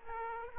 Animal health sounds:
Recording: mosquito wingbeat signal from an infrared sensor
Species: Aedes aegypti

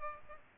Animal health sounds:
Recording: mosquito wingbeat signal from an infrared sensor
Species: Culex pipiens

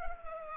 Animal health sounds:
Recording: mosquito wingbeat signal from an infrared sensor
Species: Culex pipiens

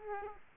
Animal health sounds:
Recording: mosquito wingbeat signal from an infrared sensor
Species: Aedes aegypti

